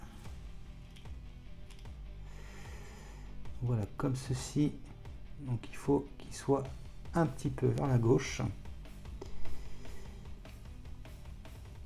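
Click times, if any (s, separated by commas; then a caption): none. Someone talks while positioning the plastic or metal arch piece of a scale model spaceship hull, turned the other way round and shifted slightly to the left, before it is fitted and pressed into the hull frame. Soft handling taps and faint background music are heard. The part is only being lined up, and nothing has seated or clicked yet.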